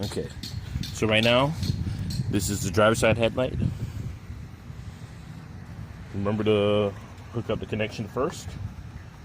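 Someone talks while handling the wiring harness connector for the new driver side headlight assembly of a 2013 Chevy Impala, about to push it into the socket on the back of the headlight before the headlight is set in place. Faint handling noise sits under the talking, and nothing has seated or clicked yet.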